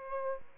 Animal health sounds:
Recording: mosquito wingbeat signal from an infrared sensor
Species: Aedes aegypti

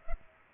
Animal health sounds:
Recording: mosquito wingbeat signal from an infrared sensor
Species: Culex pipiens

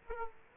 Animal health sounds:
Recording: mosquito wingbeat signal from an infrared sensor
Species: Aedes aegypti

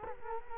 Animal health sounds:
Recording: mosquito wingbeat signal from an infrared sensor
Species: Culex quinquefasciatus

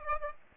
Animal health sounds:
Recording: mosquito wingbeat signal from an infrared sensor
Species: Aedes aegypti

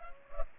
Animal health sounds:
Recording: mosquito wingbeat signal from an infrared sensor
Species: Culex pipiens

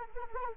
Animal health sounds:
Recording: mosquito wingbeat signal from an infrared sensor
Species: Anopheles arabiensis

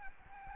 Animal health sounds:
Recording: mosquito wingbeat signal from an infrared sensor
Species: Aedes albopictus

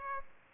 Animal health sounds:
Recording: mosquito wingbeat signal from an infrared sensor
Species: Aedes aegypti

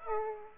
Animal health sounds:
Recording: mosquito wingbeat signal from an infrared sensor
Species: Aedes aegypti

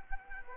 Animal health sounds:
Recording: mosquito wingbeat signal from an infrared sensor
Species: Anopheles arabiensis

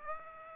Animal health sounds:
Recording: mosquito wingbeat signal from an infrared sensor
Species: Aedes aegypti

